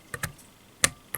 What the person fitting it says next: on entend bien le clip ça tient très bien